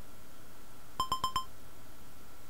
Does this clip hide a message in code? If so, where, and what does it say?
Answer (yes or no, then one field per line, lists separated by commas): no